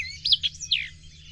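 Bird chirps: a few loud slurred whistled notes in quick succession, some falling in pitch, over a low hum.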